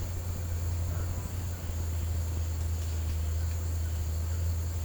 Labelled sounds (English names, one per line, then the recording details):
none
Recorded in secondary vegetation near Puerto Asís, Putumayo, Colombia, on 20 December 2024 at 10:30
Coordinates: 0.499, -76.323
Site G010